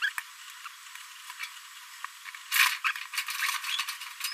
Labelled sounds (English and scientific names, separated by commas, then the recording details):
Green-rumped Parrotlet (Forpus passerinus) babbling
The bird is a male
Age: 26 days
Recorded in a nest box in Venezuela
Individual 17B42A3